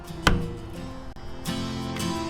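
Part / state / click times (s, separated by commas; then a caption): caster wheel or assembly part into shop vacuum body / seated / 0.3 s. A caster wheel or assembly part is pushed hard into the body of a ToolPro shop vacuum during assembly, giving a sharp, loud click at 0.3 s over background music. The part seats in place.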